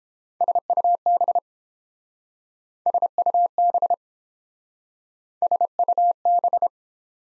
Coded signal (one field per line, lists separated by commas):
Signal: Morse code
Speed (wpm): 30 wpm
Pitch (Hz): 700 Hz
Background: none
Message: SUB SUB SUB